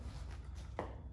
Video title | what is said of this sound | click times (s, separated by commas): So You Own A...Stihl FS 240 Bike-Handle Trimmer | I rotate until, hear that, clicks down. Now I cannot spin the head. | 0.8 s